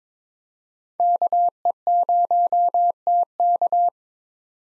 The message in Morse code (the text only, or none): KE0TK